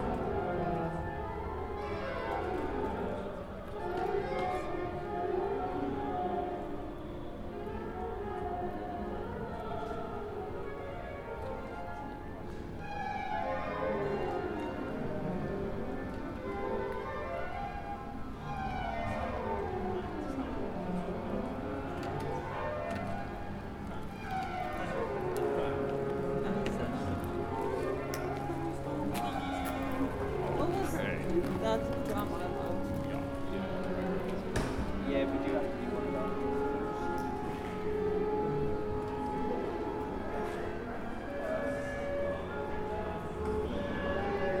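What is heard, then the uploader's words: A cacophony of overlapping instruments from practice rooms, with sweeping rising and falling lines, held tones, and a steady layered din throughout. Musical cacophony pouring through the open windows of practice rooms, London, UK.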